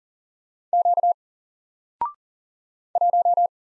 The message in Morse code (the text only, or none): Q 1